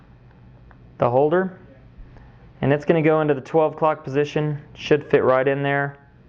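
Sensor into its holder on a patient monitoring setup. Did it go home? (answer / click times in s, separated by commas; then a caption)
no / none. A labeled patient-monitoring sensor is handled as it is brought to the 12:00 position of its holder on a patient monitoring setup. Someone talks, with a few faint ticks at about 0.3, 0.7 and 2.2 seconds. Nothing has seated or clicked yet.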